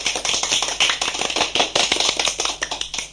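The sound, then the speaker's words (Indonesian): A group of children clapping their hands at the start of a storytelling session, a dense, steady patter of many overlapping sharp claps sustained throughout, fairly loud with no voices. “Tepuk tangan anak-anak.”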